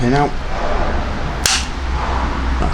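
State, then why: Seated. On a 2.0 Vauxhall Vivaro van engine, the metal pin is pulled out of a timing chain tool on the engine's timing chain, and the pin-released part snaps into place with one sharp metallic crack at 1.5 seconds. Someone talks before the crack, over a steady low hum, and the part is seated.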